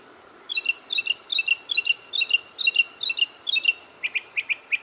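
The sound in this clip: Bird song, a quick run of paired high chirps repeated steadily, then shifting to simpler single notes at the end.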